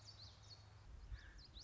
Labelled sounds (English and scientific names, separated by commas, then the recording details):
Common Yellowthroat (Geothlypis trichas)
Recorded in Sonoma County, California